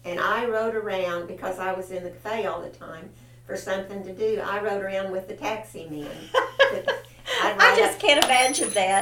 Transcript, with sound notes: And I rode around, because I was in the café all the time-- for something to do, I rode around with the taxi men.
(Laughter) I just can't imagine that.